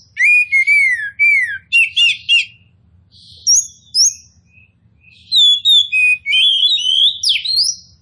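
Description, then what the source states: Oriental magpie-robin singing clear falling whistles and buzzy chattering notes in bursts, a short pause, then a long rising, warbling phrase. Kacer poci form of the bird, described as gacor, meaning singing vigorously and constantly.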